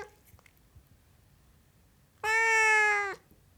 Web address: BBC Sound Effects Library. Siamese Cat Meowing